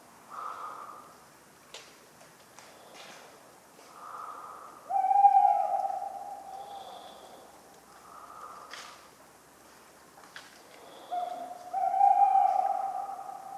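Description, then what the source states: Tawny owl giving two drawn-out hoots several seconds apart, interleaved with slow soft snore-like breaths and occasional acorn clicks. Talkative tawny owl at night, cold 11 November 1995, Ménigoute ornithological film festival, France; autumn ambience with regularly falling acorns; the recordist fell asleep, mixing in his sleeping sounds.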